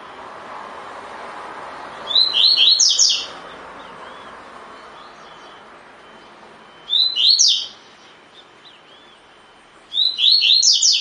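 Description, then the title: Double-collared seedeater singing short bursts of fast, clear whistled notes, repeated every few seconds, over a faint steady background hiss. Song in the "tui tui" style; bird described as fibra (spirited). "COLEIRO DE GOLA TUI TUI FIBRA"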